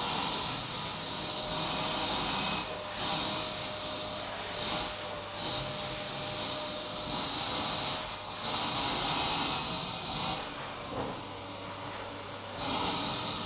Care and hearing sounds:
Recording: daily activity, microphone in the room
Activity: vacuum cleaning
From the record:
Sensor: 1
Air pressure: 991.8 hPa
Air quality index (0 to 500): 184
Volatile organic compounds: 1000 ppm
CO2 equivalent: 7039 ppm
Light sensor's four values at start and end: 27/94/36/37 and 28/96/37/38

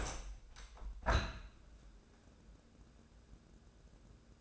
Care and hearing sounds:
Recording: daily activity, microphone in the room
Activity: open window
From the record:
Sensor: 2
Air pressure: 1012.2 hPa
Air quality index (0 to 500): 129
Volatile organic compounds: 1 ppm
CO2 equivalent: 953 ppm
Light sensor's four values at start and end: 175/421/177/185 and 174/418/176/185

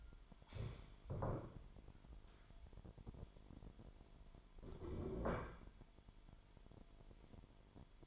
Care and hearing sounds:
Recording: daily activity, microphone in the room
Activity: stand up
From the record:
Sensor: 5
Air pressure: 998.6 hPa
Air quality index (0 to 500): 91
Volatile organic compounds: 2 ppm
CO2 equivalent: 1044 ppm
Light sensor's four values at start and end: 34/82/34/38 and 34/82/34/38

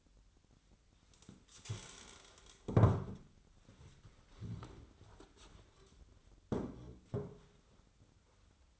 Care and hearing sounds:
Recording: daily activity, microphone in the room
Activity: stand up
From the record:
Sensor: 3

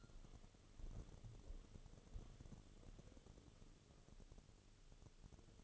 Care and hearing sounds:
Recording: daily activity, microphone in the room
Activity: walk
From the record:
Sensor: 4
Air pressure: 1016.2 hPa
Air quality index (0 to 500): 162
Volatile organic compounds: 6 ppm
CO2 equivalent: 1843 ppm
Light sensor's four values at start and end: 8/18/7/6 and 8/17/7/6

